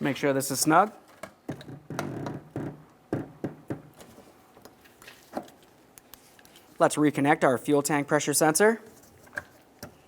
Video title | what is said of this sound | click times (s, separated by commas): How to Replace Fuel Pump Module Assembly 2002-2005 Ford Explorer | listen for a click give it a tug to make sure it's completely secured | 9.4 s